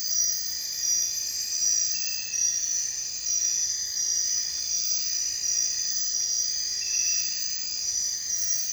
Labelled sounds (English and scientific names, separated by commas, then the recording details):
none
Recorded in dense forest near Puerto Asís, Putumayo, Colombia, on 22 June 2025 at 02:00
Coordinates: 0.468, -76.322
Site GP03